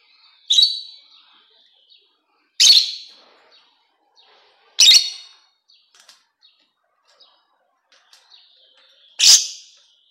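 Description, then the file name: Rosy-faced lovebird giving four loud, shrill, harsh shrieks spaced about two to five seconds apart, with faint soft chips between them. "canto do inseparavel de faces rosadas"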